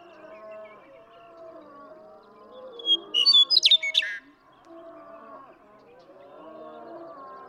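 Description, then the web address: Western meadowlark song: a brief, loud, gurgling phrase of quick fluty notes over a low, murmuring background. "birdsongforthecurious Western Meadowlark"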